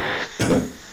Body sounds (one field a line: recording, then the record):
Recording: coughing mixed with background sound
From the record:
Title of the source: Spring Cold Coughing.